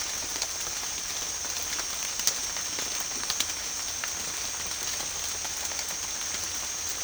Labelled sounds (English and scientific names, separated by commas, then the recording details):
none
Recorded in pastures near Puerto Asís, Putumayo, Colombia, on 27 June 2025 at 17:30
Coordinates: 0.502, -76.324
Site G010